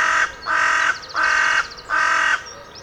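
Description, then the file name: Carrion crow calling four loud, rasping caws at a steady pace. "Corvus corone"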